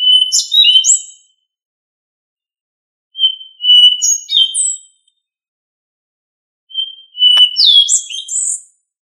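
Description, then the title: Thrush song in three separate phrases, each a clear whistled start followed by tumbling high, squeaky warbles. "Familia Turdidae - Sabia"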